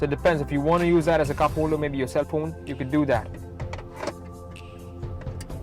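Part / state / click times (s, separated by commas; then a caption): removable cup holder insert into car centre console / not seated / none. Someone talks while a removable plastic cup holder insert is handled and fitted into the centre console storage area of a Mercedes E-Class E220 CDI. A few small, faint handling taps follow between 3.6 and 5.4 seconds, and the clip ends before the insert locks in, so nothing has seated or clicked yet.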